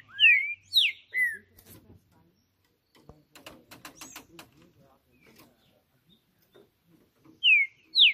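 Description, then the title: Green-winged saltator giving a few slurred whistled notes, then a stretch of quiet rapid clicking and rustling, before the whistles resume at the end. Birds singing hard in a song contest on a roof, in a dispute; the Portuguese title calls the singing 'macheando', and two birds named Trinca Justiceiro and FBI are involved. "TRINCA Piando, Cantando E Macheando Na DISPUTA. Trinca Ferro CANTANDO MUITO de CARA em CIMA do TELHADO! Disputa INSANA!! TRINCA JUSTICEIRO & FBI"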